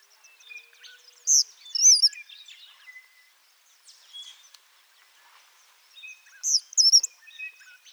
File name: Eastern Kingbird - Tyrannus tyrannus